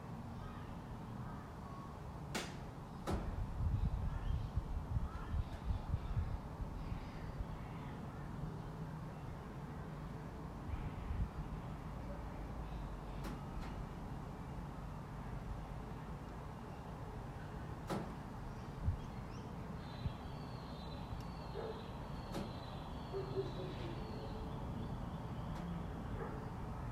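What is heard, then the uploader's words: Quiet neighbourhood ambience with a steady low rumble of traffic, swelling between about three and eleven seconds as a car seems to pass. Sharp knocks and clicks come every few seconds, and a faint chirping pattern appears near the end. Quiet residential noise. Regular traffic nearby, with the odd car driving past. Soft distant noise of construction randomly.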